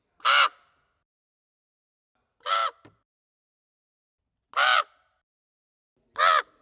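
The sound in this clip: Raven giving harsh, hoarse caws, four single calls spaced about two seconds apart against a silent background.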